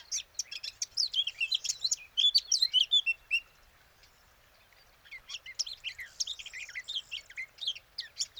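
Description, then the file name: Eurasian blackcap song, two rich bursts of fast, jumbled warbling about three seconds long, separated by a brief silence. "Sylvia atricapilla"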